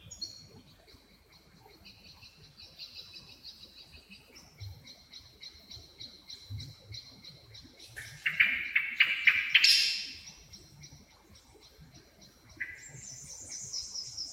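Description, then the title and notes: Wrens giving thin high trills and sustained reeling phrases, building to a louder rapid jingle midway, with other high chirps around them. Dozens of wrens in the backyard of a home in Dover, southern Tasmania. "Nature Sounds Tasmania - Dover Wrens. The sounds of dozens of wrens in the backyard of a home in Dover, southern Tasmania"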